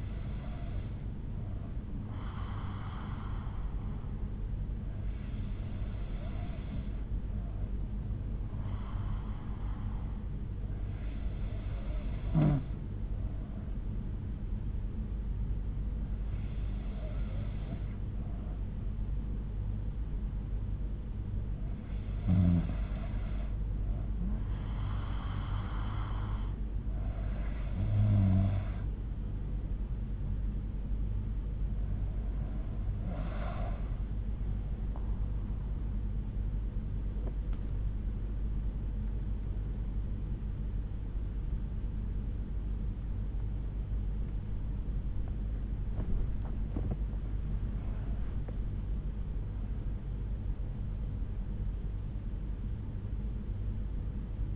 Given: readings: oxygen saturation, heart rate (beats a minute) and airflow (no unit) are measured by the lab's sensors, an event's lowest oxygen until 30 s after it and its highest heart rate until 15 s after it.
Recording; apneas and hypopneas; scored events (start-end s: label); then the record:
breathing in sleep by a smartphone at the bedside; none
48.00-54.56 s: new sleep stage, N2 (light sleep)
From the record:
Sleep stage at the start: N3 (deep sleep); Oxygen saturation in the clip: 93 to 94%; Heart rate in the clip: 59 to 80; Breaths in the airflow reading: 10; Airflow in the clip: -10.7 to 12.6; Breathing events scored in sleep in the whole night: 368 in 8.0 hours asleep